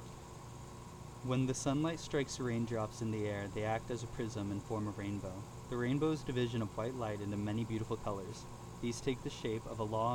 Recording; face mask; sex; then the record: reading aloud; surgical mask; male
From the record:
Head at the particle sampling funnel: tilted down, bridge of the nose in front of it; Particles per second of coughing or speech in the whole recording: 0.135